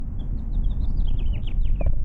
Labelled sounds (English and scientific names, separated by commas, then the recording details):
House Finch (Haemorhous mexicanus) song
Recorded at Neponsit on Long Island, New York, on 4 June 1975
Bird E